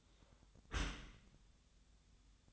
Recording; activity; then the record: daily activity, microphone in the room; close dishwasher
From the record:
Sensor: 3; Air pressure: 1004.6 hPa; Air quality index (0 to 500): 109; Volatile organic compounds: 5 ppm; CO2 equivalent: 1719 ppm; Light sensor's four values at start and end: 7/17/7/6 and 7/17/7/6